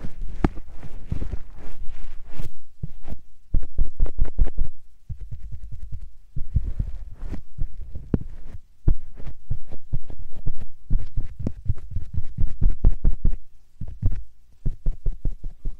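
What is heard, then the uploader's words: Short puffs of air come in quick, uneven clusters, each one a soft thump with a breathy hiss on top. They arrive at a rapid, irregular pace, with brief pauses near five, nine and fourteen seconds. 말없이 3가지의 퍼프로 귀를 토닥토닥 해드려요 puff sound.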